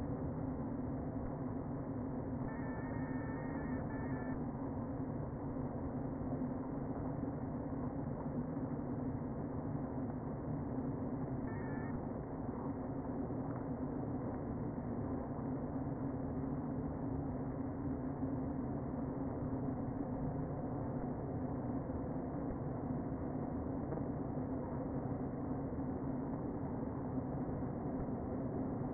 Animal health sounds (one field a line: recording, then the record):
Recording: honeybee colony, microphone inside the hive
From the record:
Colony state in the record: queen present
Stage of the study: before two queens were removed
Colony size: about 60,000 bees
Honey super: yes